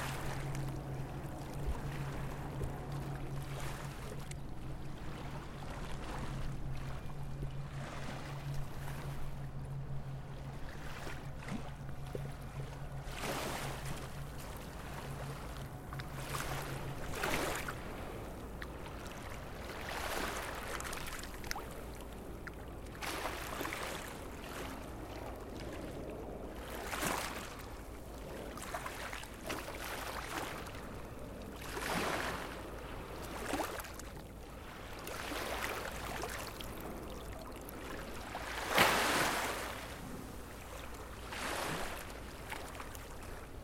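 Waves wash against the waterfront in repeated soft surges, each rising and falling every few seconds, with a sharper splash near the end. A low engine hum drones steadily for the first seventeen seconds, suggesting a boat, then fades.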